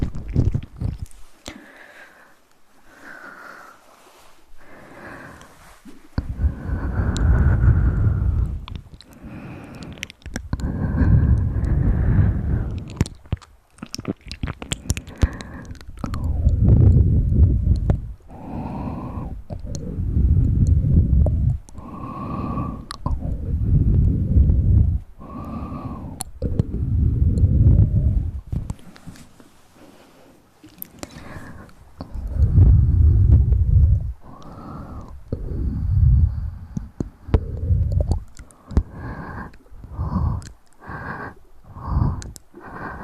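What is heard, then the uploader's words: Breathy mouth sounds come in short repeated bursts, low and airy with sharp clicks, brief pauses between, and faint rustling of moving hands. Mouth sounds, hand movements at sensitivity.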